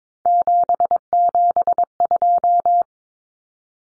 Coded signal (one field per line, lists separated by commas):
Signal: Morse code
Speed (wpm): 22 wpm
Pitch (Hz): 700 Hz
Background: none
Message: 772